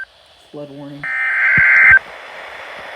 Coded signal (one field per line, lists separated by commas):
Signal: Emergency Alert System (SAME) tones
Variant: header bursts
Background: speech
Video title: NEVER ENDING FLOODING!!! (EAS Alerts from 11/11/20-11/12/20 EAS #54-78)